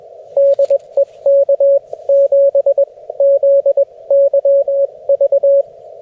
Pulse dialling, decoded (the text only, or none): none